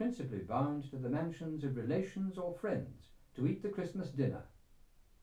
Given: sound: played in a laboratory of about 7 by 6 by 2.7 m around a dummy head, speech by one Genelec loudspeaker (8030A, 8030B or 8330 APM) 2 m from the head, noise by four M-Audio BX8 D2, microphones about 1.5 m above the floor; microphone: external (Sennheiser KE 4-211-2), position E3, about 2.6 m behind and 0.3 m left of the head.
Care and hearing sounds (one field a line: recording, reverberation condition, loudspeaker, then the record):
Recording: male speech in English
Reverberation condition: low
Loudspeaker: 120 degrees to the left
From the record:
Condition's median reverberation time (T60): about 310 ms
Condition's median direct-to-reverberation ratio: about 3.5 dB